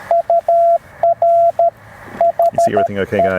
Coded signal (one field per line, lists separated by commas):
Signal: Morse code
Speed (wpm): 19 wpm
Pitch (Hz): 690 Hz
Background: speech, radio noise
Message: UR HE